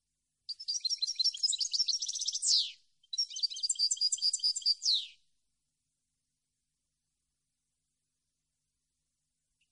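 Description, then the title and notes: European goldfinch gives two bright tinkling song phrases back to back, each ending in a buzzy falling note, followed by several seconds of silence. Clean goldfinch song from a CD intended for song copying and training. "Cd Jilguero. Cd de canto de jilguero limpio para copia"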